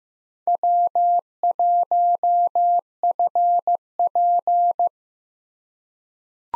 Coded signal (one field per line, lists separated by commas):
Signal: Morse code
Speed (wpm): 15 wpm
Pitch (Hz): 700 Hz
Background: none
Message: W1FP